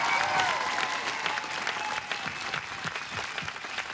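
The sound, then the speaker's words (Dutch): Loud, sustained applause from a large crowd in Scheveningen honouring Olympic champion Epke Zonderland at his homecoming celebration, a dense wash of clapping that stays steady for the whole stretch, with a few faint tonal sounds and cheers mixed in. “Mag ik een daverend vanuit uw knieën applaus op 180% voor Olympisch kampioen Epke Zonderland.”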